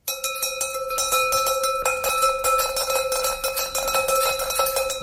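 A shepherd's handbell, a zbyrcok, jangles continuously in quick, uneven strokes, its bright metallic clang sustained by a steady ringing tone for about five seconds, loud and with no voices.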